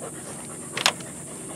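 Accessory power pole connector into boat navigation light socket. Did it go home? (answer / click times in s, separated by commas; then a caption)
yes / 0.8 s, 0.9 s. The connector base of a YOLO Tech power stick is pushed into the plastic and metal navigation-light socket on a Hurricane deckboat. Two quick, sharp clicks are heard at 0.8 s and 0.9 s over a steady background hiss, and the connector locks into place.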